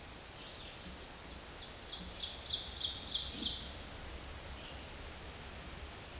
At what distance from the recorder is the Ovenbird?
about 35 m